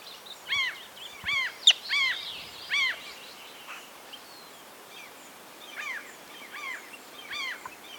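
Common tern calls: rasping arched notes in short clusters, a quieter stretch midway, then more grating calls toward the end.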